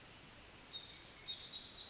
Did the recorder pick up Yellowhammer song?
no